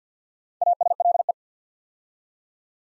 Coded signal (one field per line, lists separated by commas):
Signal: Morse code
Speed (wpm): 50 wpm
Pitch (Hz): 700 Hz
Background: none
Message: ASLE